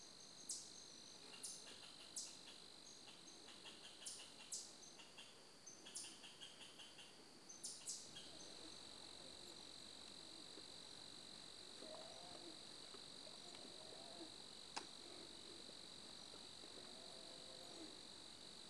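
An outdoor nature soundscape in Québec with a steady, high-pitched chorus of insects or frogs running throughout. During the first eight seconds sharp, quick clicking calls repeat. Later, low croaking calls rise faintly.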